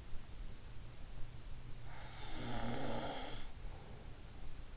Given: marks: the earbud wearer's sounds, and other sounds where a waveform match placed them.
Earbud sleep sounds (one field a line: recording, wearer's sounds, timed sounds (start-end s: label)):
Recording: sounds in sleep by an in-ear microphone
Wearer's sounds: snoring breath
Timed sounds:
1.81-4.65 s: snoring breath